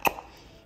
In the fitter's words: Push it all the way in, till it clicks in, just like the stock setup.